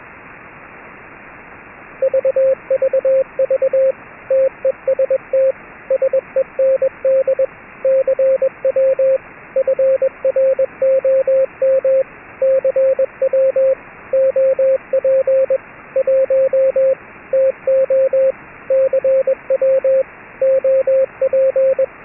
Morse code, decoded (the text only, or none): VVV TEST SEND CW FROM CW OP 1 TO CW OP